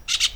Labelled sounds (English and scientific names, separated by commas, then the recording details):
Brown-throated Parakeet (Eupsittula pertinax) contact call
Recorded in Venezuela
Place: PN Cerro Saroche, Tierras del Sr. Polo, Edo. Lara
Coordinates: 10.171, -69.518